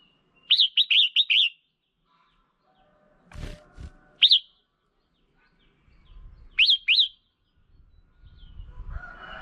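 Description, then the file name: Red-whiskered bulbul uttering a quick four-note chirpy phrase, then single and paired bright notes, with a couple of dull knocks and a low rumble at the end. Female bird. "tieng chao mao mai"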